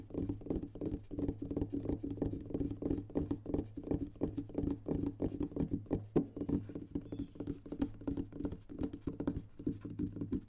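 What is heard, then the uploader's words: Soft finger tapping plays out in quick, uneven bursts across different objects, a busy patter of light taps with little pause between them. The taps sound dull and low, with a steady low hum sitting underneath throughout. In this episode, listen to the sound of gentle finger tapping on different objects. Soft Finger Tapping.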